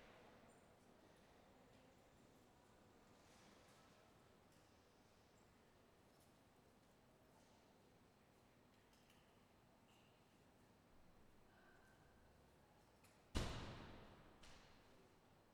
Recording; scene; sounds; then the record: everyday scene through a hearing-aid microphone; reverberant space; background noise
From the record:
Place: railway station hall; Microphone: behind the ear, left, rear